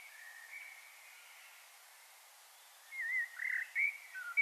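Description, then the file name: Common blackbird: fluted warbling notes emerge near the end over steady background hiss, after a faint drawn-out whistle. "Turdus merula"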